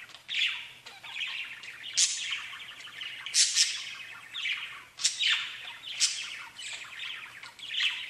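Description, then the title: Budgerigar chatter, busy warbling with bright sharp chirps recurring every second or two and scratchy squawks between. "Budgie Sounds"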